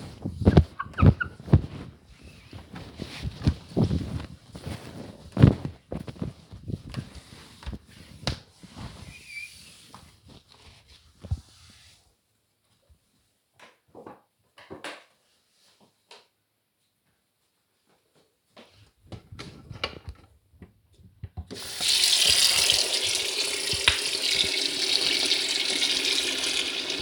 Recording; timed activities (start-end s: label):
household activities, microphone on the right wrist
0.00-11.69 s: window cleaning
21.73-27.02 s: washing dishes